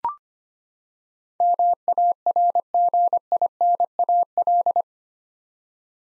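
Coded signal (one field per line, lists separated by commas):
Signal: Morse code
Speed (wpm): 25 wpm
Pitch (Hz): 700 Hz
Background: none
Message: MARGINAL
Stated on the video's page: Eight-letter words sent in Morse at 25 wpm for head-copy practice, each word sent, then spoken, then sent again.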